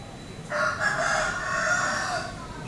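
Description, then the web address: Chicken giving a single drawn-out, harmonic call lasting nearly two seconds. Hen in an Indonesian village. "Indonesia sound library by Faunethic. Village quiet children voices hen chicken and light traffic away"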